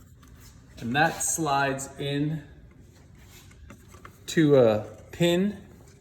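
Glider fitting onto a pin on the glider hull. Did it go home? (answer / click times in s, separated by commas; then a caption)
no / none. A component on an underwater glider is handled and slid toward a locating pin on the glider hull while someone talks, with a few faint, short handling ticks between the words. The clip ends before the part goes home, so nothing has seated or clicked yet.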